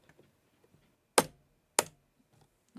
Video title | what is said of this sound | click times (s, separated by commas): My Custom Water Cooled PC Build! | And right there, you once you hear those two clicks, you know you got it good. | 1.2 s, 1.8 s